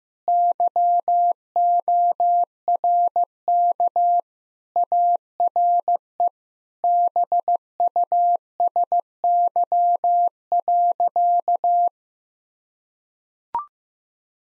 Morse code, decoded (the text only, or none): YORK ARE BUSY.